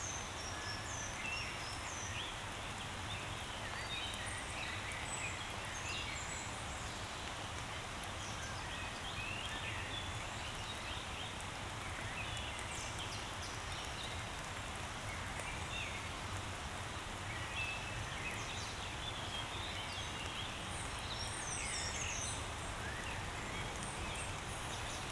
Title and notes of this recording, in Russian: Утро в весеннем лесу Сочи. Пение птиц, легкий шум дождя и журчание реки